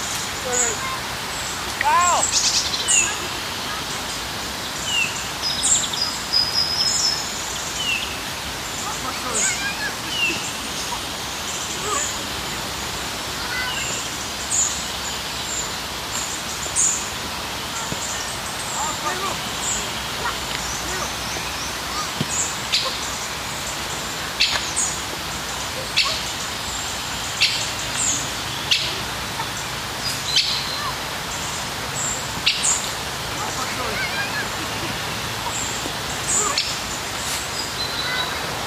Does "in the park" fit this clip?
yes